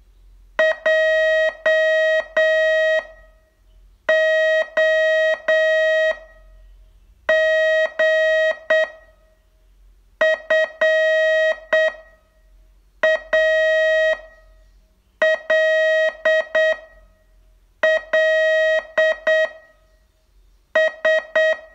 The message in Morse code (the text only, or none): JOG FALLS